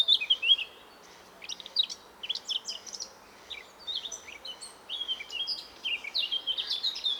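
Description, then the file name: Eurasian blackcap song: a short warbled burst, a brief pause, then a long run of quick, varied twittering and clear slurred notes, with faint background hiss. "Sylvia atricapilla"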